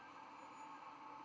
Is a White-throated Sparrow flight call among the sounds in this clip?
no